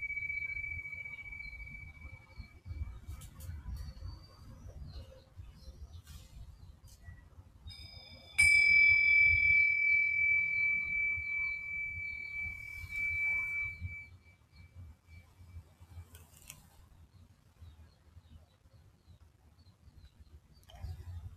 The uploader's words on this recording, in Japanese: メキシコからチベタンシンギングボウルのサウンドヒーリングライブ。